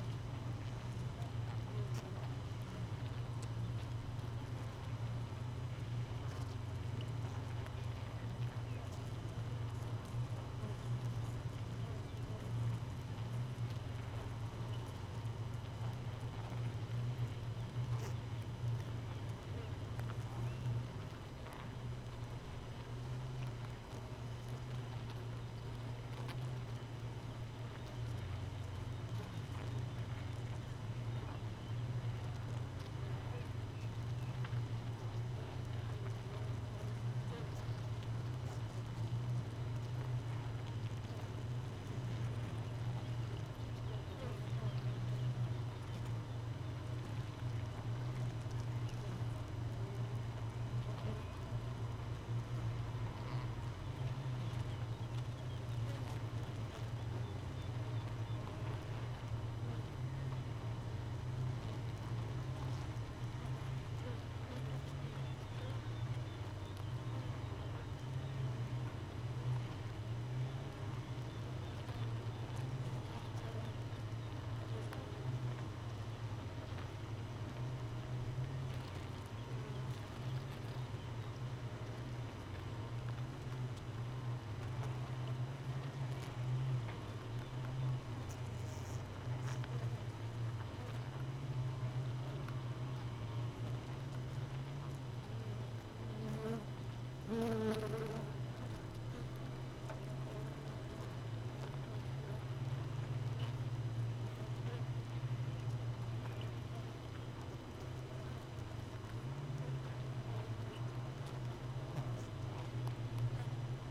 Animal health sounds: honeybee colony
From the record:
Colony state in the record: missing queen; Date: 31 May 2018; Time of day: 5:03

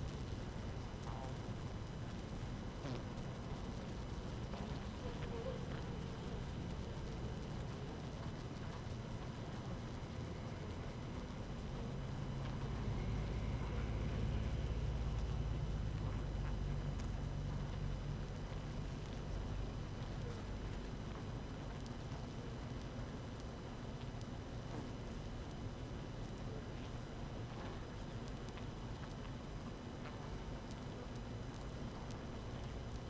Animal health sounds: honeybee colony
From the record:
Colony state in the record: active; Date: 12 June 2018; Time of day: 6:11

